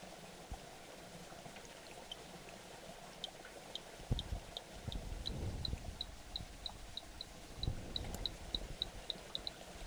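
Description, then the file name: Rain frog call: a run of high, short ticking notes at a steady pace, over low rumbling background noise and occasional thumps. "P arcanus call"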